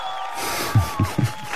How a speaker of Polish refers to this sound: Ogromne brawa za to, że się skrzyknęli, że dali radę, że napisali